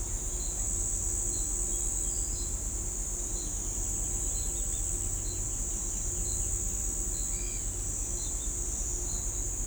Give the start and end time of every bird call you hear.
4.27s-4.85s: Synallaxis candei (3.3-3.9 kHz)
7.31s-7.60s: Atalotriccus pilaris (1.8-5.4 kHz)

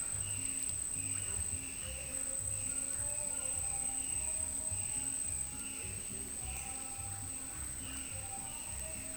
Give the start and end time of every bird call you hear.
0.00s-9.16s: Cyanocorax violaceus (1.4-3.4 kHz)
1.17s-3.21s: Psarocolius angustifrons (0.9-2.1 kHz)
7.10s-8.01s: Psarocolius angustifrons (0.6-2.0 kHz)

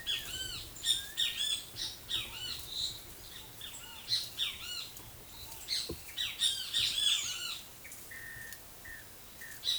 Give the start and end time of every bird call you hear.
0.00s-7.63s: Pitangus sulphuratus (0.7-21.6 kHz)
7.82s-9.58s: Poecilotriccus sylvia (1.2-2.8 kHz)

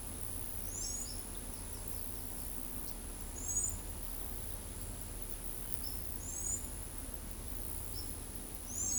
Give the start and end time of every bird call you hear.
0.64s-1.07s: Thraupis palmarum (5.3-8.6 kHz)
3.36s-3.80s: Thraupis palmarum (6.2-8.7 kHz)
6.18s-6.65s: Thraupis palmarum (5.7-8.8 kHz)

